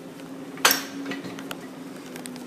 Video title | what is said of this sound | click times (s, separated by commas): 258 Cutting Demo | once that's popped into place we'll | 0.7 s